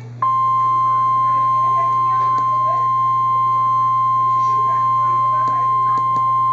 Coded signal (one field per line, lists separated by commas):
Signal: Emergency Alert System (SAME) tones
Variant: 1050 Hz attention tone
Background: speech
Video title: Real NOAA Weather Radio EAS Alert #149